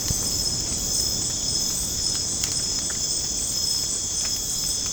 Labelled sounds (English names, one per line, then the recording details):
none
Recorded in dense forest near Puerto Asís, Putumayo, Colombia, on 30 June 2025 at 00:00
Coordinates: 0.486, -76.317
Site G065